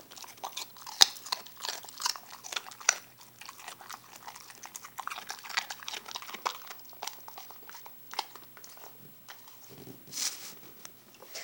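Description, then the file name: Dog crunching and chewing food, with irregular crisp bites and crackles coming in uneven bursts throughout. Puppy eating a baby carrot. "my pup gabe eating a baby carrot"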